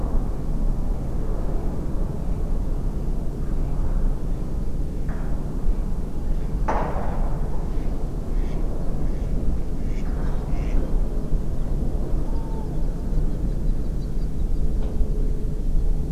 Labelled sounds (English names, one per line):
Mallard
man-made sound
Tawny Owl